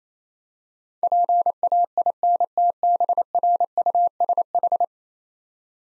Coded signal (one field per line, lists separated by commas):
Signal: Morse code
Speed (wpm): 27 wpm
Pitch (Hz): 700 Hz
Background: none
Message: PAINTBRUSH